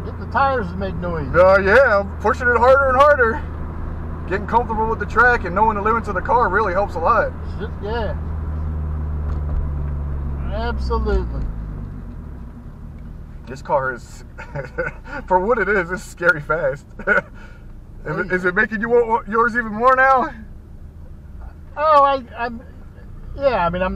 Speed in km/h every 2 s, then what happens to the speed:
44, 42, 44, 42, 39, 26, 11, 5, 5, 3, 0, 0.
0-5 steady at about 44. 5-19 slows to 0. 19-24 standing.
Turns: 0-5.